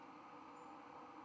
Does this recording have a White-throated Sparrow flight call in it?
no